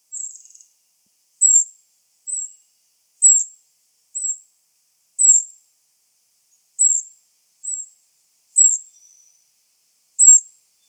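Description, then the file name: Eurasian wren giving short, very high, thin call notes, repeated roughly once a second with a few longer pauses, on an otherwise silent background. "Troglodytes troglodytes"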